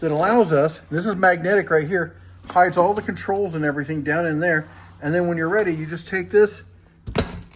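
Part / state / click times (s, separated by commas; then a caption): magnetic canvas cover on standing desk frame / seated / 7.2 s. Someone talks, then puts the magnetic canvas cover back onto the frame of a Flexispot E7 Plus Max adjustable standing desk/workbench, where it hides the controls and wiring. A short thunk at 7.2 s marks the cover snapping back into place, seated.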